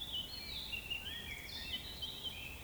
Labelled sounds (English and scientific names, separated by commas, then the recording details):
Eurasian Woodcock (Scolopax rusticola) whistle
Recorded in Baden-Württemberg, Germany, on 19 May 2020 at 19:20 UTC
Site 31917, 145 m above sea level